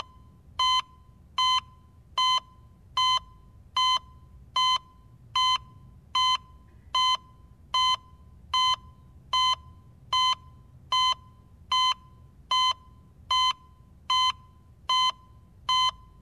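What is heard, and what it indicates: Steady, evenly spaced high-pitched beeps at about 76 per minute, each short and identical, over a faint low hum. An electrocardiogram monitor tracking a normal, regular heartbeat.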